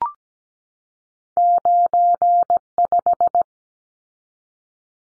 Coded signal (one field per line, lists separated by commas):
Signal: Morse code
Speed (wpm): 17 wpm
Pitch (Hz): 700 Hz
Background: none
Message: 95